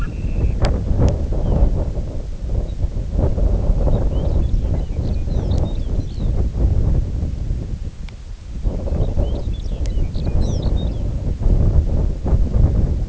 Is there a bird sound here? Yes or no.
yes